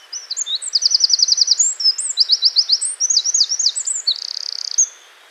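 Wren singing a rapid, energetic high-pitched song mixing bright ticking trills and sharp rising notes, ending in a fast buzzy rattle before falling silent.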